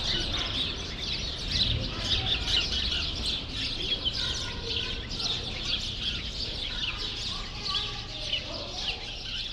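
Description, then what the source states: Sparrows in a busy chorus of sharp, irregular chirps, many birds calling at once. Sparrows in a grove at Rue Saint-Jean Népomucène 13, Brussels, Belgium, recorded with Earsight V2 AB microphones into a Mixpre-3.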